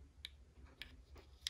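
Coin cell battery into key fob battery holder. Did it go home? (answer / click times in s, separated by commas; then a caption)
yes / 1.5 s. A coin cell battery is slipped positive side down into the battery holder of a Ford Edge key fob. Sharp clicks sound at 0.2 s and 0.8 s, then the final click at 1.5 s as the battery seats.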